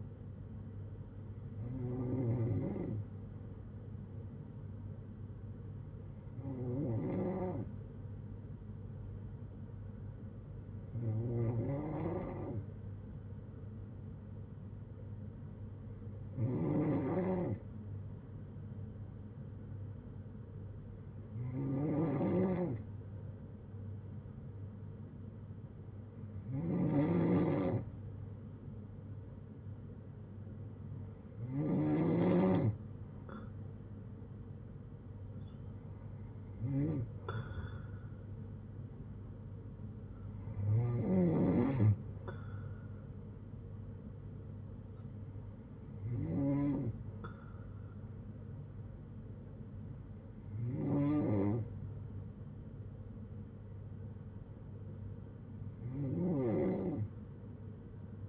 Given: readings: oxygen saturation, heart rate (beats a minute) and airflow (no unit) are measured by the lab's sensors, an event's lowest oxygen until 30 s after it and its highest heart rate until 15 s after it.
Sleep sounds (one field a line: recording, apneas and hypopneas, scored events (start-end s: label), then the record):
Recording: breathing in sleep by a smartphone at the bedside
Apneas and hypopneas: none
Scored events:
none scored
From the record:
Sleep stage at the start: N2 (light sleep)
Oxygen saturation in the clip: 93 to 94%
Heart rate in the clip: 55 to 76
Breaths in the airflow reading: 13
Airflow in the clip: -7.8 to 5.9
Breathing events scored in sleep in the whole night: 182 in 7.4 hours asleep